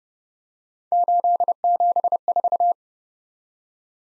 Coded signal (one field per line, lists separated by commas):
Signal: Morse code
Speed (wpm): 30 wpm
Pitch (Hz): 700 Hz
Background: none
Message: 874